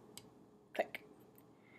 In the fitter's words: the way notice that every time I rotate up Jack you have to rotate all the way until it clicks click